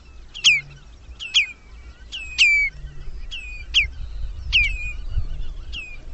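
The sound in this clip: Bird calls: several short down-slurred chirps at intervals, with faint whistles and a low rumble in the background.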